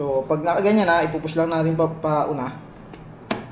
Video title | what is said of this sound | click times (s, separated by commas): UniFi UNVR Instant - Standalone Network Video Recorder【Unboxing】#TechContent | Yan, naka-lock na yan. | 3.3 s